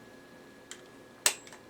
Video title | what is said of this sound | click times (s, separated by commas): *AIRSOFT HOBBY* - Airsoft OTB - UTG Gen 5 Master Sniper Rifle | a little tight but clicks | 1.3 s